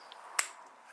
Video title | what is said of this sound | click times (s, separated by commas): INSTALLING FLUX DIESEL 100% INJECTORS AND BEANS DIESEL BILLET FRONT COVER!! | You'll hear a snap | 0.4 s